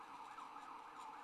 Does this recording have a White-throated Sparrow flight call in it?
no